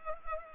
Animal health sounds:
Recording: mosquito wingbeat signal from an infrared sensor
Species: Culex pipiens

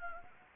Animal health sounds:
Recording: mosquito wingbeat signal from an infrared sensor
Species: Anopheles gambiae

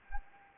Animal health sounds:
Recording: mosquito wingbeat signal from an infrared sensor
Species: Anopheles gambiae

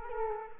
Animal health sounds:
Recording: mosquito wingbeat signal from an infrared sensor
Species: Culex quinquefasciatus

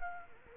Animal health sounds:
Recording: mosquito wingbeat signal from an infrared sensor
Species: Culex quinquefasciatus

